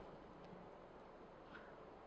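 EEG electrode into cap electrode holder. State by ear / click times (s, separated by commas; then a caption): not seated / none. An EEG electrode for a Syrebo brain-computer interface hand rehabilitation robot is lined up and placed into the matching shaped holder on the cap, before it is twisted home. Only a steady, broadband background hiss with a low hum is heard, with faint soft traces around 0.5 s and 1.6 s. Nothing has seated or clicked yet.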